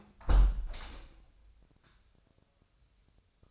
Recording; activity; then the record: daily activity, microphone in the room; close window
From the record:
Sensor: 2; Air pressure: 1014.8 hPa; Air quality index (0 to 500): 28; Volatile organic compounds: 1 ppm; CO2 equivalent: 521 ppm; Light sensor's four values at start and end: 8/19/8/8 and 8/19/8/8